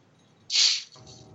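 A single short, sharp, hissy burst from a cat, a quick sneeze over quiet room noise.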